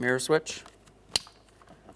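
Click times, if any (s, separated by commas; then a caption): 1.2 s. Someone talks, then a smaller plastic wiring harness connector is pushed onto the door mirror switch of a 2012-2015 Honda Civic front driver side door. It seats with a sharp click at 1.2 s, followed by a few faint handling ticks.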